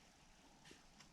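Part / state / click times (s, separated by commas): wiring connector onto motorcycle vehicle speed sensor / not seated / none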